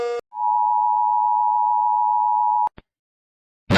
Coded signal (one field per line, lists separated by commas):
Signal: Emergency Alert System (SAME) tones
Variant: 853 and 960 Hz attention tone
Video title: EAS Alarms 1